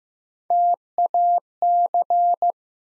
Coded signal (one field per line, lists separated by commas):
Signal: Morse code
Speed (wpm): 15 wpm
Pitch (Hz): 700 Hz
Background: none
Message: TAC